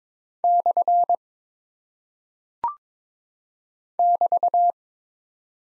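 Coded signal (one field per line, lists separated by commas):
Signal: Morse code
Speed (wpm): 22 wpm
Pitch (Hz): 700 Hz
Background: none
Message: / <BT>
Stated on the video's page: Head-copy practice of single punctuation and prosign characters at 22 wpm, each sent in Morse, then spoken, then sent again.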